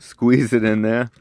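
A small plastic toy revolver is squeezed into the plastic holster of an action figure while someone talks over it. The handling is faint beneath the voice, and nothing has seated or clicked yet; the gun is not yet home in the holster.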